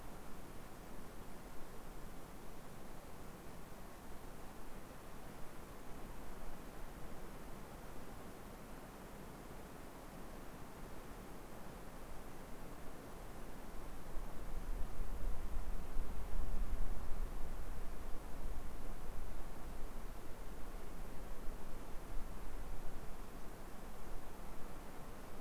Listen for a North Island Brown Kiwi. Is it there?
no